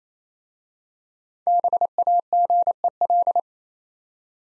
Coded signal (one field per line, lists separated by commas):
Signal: Morse code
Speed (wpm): 27 wpm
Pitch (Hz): 700 Hz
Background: none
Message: BAGEL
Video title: Easy Words with Hints - 28wpm